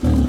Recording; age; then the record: pig call; growing-finishing pig (85 days or more)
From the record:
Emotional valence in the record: positive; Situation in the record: enriched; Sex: female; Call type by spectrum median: low-frequency call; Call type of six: low-frequency stable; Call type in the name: low-frequency stable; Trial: 2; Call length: 0.29 s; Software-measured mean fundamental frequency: 39 Hz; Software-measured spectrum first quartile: 85 Hz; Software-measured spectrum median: 178 Hz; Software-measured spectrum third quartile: 303 Hz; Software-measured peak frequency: 256 Hz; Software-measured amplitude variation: 115 dB a second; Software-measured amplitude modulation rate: 29.4 a second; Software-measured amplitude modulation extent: 3.9 dB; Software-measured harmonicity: 0.2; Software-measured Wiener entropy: -1.43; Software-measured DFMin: 1254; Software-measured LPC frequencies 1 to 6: 243, 3132, 3906, 6155, 7280, 7777 Hz